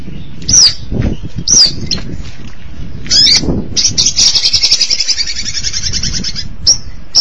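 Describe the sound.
Long-tailed Shrike song: three slurred whistled phrases, then a long, buzzy, high trill, ending with short whistles.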